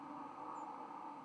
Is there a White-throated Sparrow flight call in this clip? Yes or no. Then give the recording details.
no. Another species' flight call is heard. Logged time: 01:41 on 31 October 2014